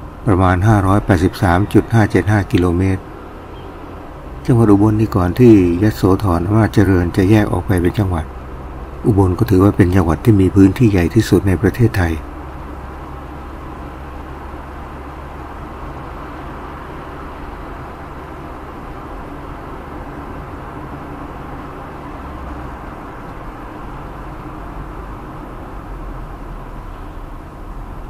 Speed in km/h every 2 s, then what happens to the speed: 35, 39, 42, 44, 45, 46, 47, 48, 49, 50, 50, 50, 45, 37.
0-5 speeds up to 44. 5-22 steady at about 48. 22-28 slows to 37.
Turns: none.